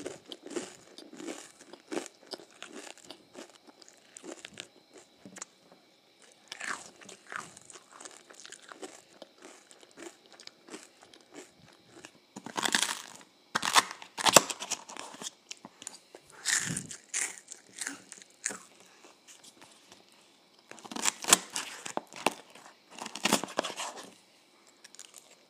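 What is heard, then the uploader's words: Someone eats ice cream and waffles, with bursts of crisp crunching and chewing broken by short pauses. Quieter bites fill the first ten seconds, then louder, sharper crunches come near 13, 17 and 21–24 seconds, and faint speech shows up briefly. Eating Ice Cream and Waffles.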